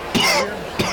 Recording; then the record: coughing mixed with background sound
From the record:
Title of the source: Coughing 60